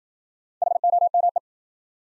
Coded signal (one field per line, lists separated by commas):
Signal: Morse code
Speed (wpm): 54 wpm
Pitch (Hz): 700 Hz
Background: none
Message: HOME